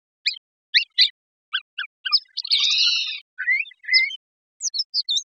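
Brown thrasher song opening with several short sharp notes, then a long buzzy harmonic phrase, rising slurred notes and a few high thin notes at the end.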